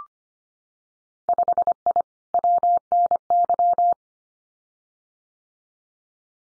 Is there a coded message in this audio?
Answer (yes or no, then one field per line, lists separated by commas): yes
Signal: Morse code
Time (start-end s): 1.3-3.9 s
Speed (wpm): 25 wpm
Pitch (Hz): 700 Hz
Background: none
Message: 5I WNY